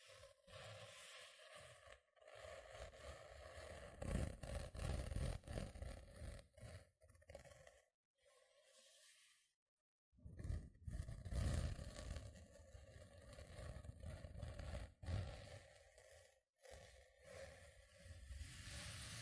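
Gentle scratching comes in dense, uneven bursts with rough low rumbles, broken by short silences near two, eight to ten, and sixteen seconds.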